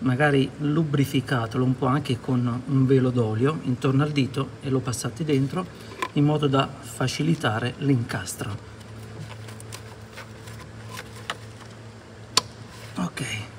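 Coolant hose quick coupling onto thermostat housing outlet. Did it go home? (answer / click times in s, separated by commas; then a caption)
yes / 12.4 s. Someone talks while a coolant hose quick-connect coupling with an oiled internal O-ring is pushed onto the outlet of the new thermostat housing on a Peugeot 207. After the talking stops, a few faint ticks are followed by a sharp click at 12.4 s as the coupling locks, fully seated.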